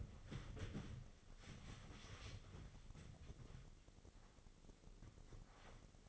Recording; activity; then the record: daily activity, microphone in the room; wipe stove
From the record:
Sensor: 4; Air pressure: 996.8 hPa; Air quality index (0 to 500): 90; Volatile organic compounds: 5 ppm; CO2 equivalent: 1762 ppm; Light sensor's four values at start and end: 16/45/17/18 and 16/46/17/19